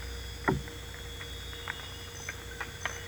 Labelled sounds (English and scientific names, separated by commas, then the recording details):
none
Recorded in dense forest near Puerto Asís, Putumayo, Colombia, on 22 December 2024 at 23:30
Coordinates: 0.486, -76.317
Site G003